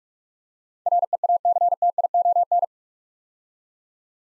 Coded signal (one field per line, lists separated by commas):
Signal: Morse code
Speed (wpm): 44 wpm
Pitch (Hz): 700 Hz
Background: none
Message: REACTION